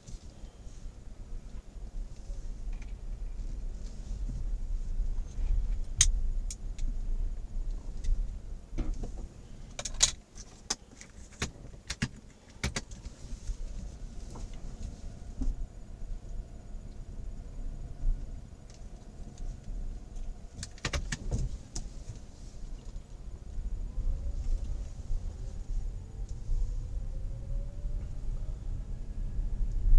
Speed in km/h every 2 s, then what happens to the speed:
0, 4, 4, 0, 0, 0, 0, 0, 0, 0, 0, 4, 10, 17, 20.
0-5 steady at about 4. 5-21 standing. 21-30 pulls away to 20.